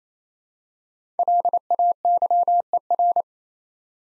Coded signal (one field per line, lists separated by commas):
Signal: Morse code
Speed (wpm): 29 wpm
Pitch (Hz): 700 Hz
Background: none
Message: LAYER